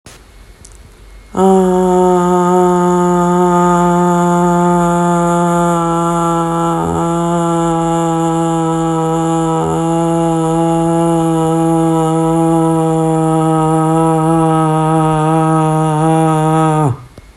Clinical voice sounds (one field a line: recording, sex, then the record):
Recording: sustained vowel /a/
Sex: female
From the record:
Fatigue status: no fatigue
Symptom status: symptomatic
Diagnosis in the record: COVID-19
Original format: m4a